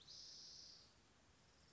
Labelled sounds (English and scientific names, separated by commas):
Spotted Towhee (Pipilo maculatus)